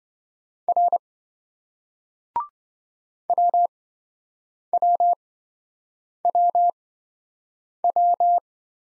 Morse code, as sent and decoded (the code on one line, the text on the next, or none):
.-. / .-- .-- .-- .--
R WWWW